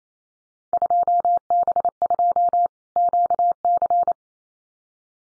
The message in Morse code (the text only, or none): 2B2 QC